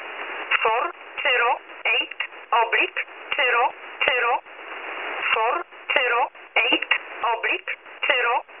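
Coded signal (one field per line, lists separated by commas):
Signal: numbers station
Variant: E11 Oblique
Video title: Polish Number Station E11 - Oblique - Null message - 22.08.2018 17:30 UTC - 7984 kHz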